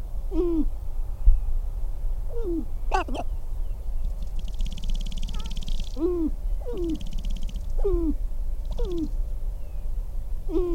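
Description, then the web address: Sharp-tailed grouse with a series of short falling coo notes, a few sharp clicks, and brief bursts of buzzy rattling in between. "Natural Sounds Sharp-tailed Grouse"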